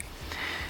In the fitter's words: close the cover and squeeze until you hear it snap